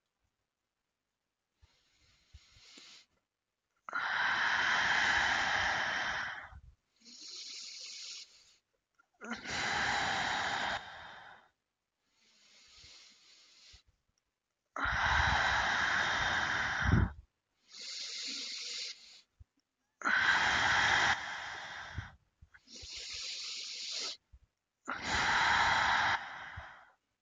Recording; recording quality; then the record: deep breathing; excellent, no background noise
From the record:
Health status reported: healthy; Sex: male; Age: 25 years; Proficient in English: yes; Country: India